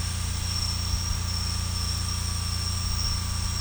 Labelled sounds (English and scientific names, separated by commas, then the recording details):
none
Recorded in secondary vegetation near Puerto Asís, Putumayo, Colombia, on 18 December 2024 at 22:30
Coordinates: 0.485, -76.322
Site GP08